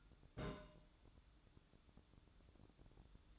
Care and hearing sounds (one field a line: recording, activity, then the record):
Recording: daily activity, microphone in the room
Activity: place on stove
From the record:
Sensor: 3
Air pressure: 1008.1 hPa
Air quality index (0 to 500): 124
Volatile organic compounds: 2 ppm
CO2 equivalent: 1026 ppm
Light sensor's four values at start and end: 8/20/8/7 and 8/20/8/7